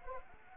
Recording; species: mosquito wingbeat signal from an infrared sensor; Anopheles arabiensis